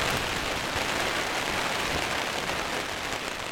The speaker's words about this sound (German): Ich mal, dass es nur ein Gewitterschauer ist, der bald vorbei ist, aber das weiß man nie am Yukon.